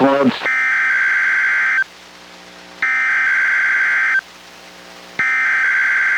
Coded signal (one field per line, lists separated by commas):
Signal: Emergency Alert System (SAME) tones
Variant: header bursts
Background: speech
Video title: EAS #729: NWR Required Weekly Test- Dec. 28, 2022- 11:25AM PST